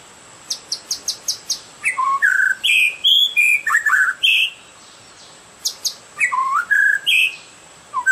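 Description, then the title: Oriental magpie-robin singing: short bursts of high ticking notes alternate with clear whistled and slurred phrases, delivered in two bouts separated by a brief silence. "Kicau Kacer"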